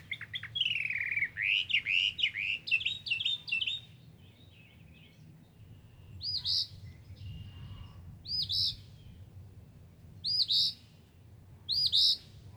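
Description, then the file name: Northern mockingbird song: a warbled, wavering phrase of linked notes, then bright upswept notes repeated roughly every two seconds. Recorded at Brownings on 14 May 2024. "Northern-Mockingbird Brownings-05-14-2024-N-Levey"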